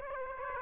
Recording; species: mosquito wingbeat signal from an infrared sensor; Aedes aegypti